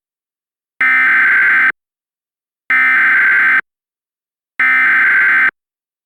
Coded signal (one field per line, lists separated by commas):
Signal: Emergency Alert System (SAME) tones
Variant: header bursts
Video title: The Lost Storms: Tornado in Hurricane - an EAS Serial